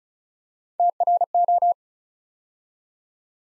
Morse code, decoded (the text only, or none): TRO